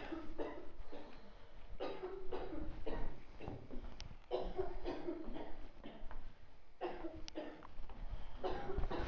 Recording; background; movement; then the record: deep breathing; a bystander coughing; walking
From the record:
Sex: female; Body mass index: 21.8 kg/m2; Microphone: on the chest, facing outward